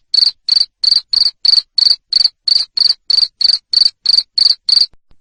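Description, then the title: Cricket chirps repeated rapidly and evenly, roughly three per second, shrill and buzzy, stopping just before the end. Loud cricket chirping (ngerik) used to stimulate lovebirds to sing continuously (ngekek). "Suara JANGKRIK NGERIK Keras Bikin LOVEBIRD Jadi NGEKEK Terus Vubey"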